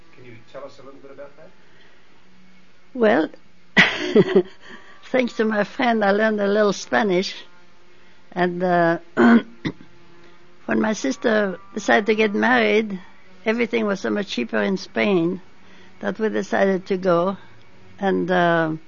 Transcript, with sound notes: Can you tell us a little bit about that? (She laughs.)
Thanks to my friend, I learned a little Spanish, and when my sister decided to get married, everything was so much cheaper in Spain that we decided to go and